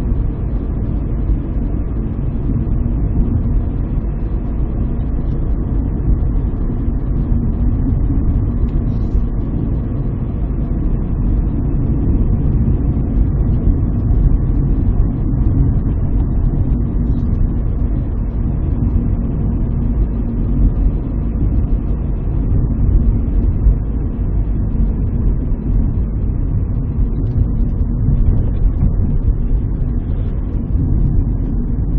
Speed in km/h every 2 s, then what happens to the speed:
60, 59, 61, 61, 62, 62, 62, 62, 61, 59, 58, 56, 53, 50, 48, 43.
0-15 steady at about 61. 15-32 slows to 43.